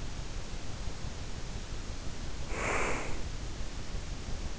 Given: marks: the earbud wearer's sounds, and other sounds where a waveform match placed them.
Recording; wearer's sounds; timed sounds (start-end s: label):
sounds in sleep by an in-ear microphone; breath
2.31-3.48 s: breath